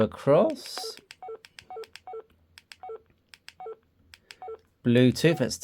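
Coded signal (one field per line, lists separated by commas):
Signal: none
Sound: radio menu key beeps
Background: speech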